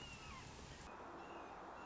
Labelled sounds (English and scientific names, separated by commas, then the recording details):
Red-shouldered Hawk (Buteo lineatus)
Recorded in Sonoma County, California